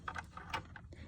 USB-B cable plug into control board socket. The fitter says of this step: This one is a little difficult to get in, so you just want to make sure that it goes in and clicks.